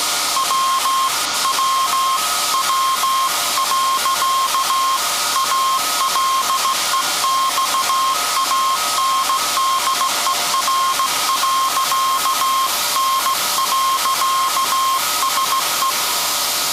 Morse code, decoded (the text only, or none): WWW.ALEXANDER.N.SE